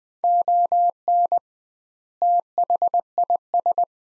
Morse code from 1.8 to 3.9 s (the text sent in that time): THIS